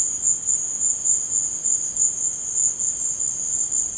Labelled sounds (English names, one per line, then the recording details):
none
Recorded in dense forest near Puerto Asís, Putumayo, Colombia, on 19 March 2025 at 16:30
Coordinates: 0.481, -76.323
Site G088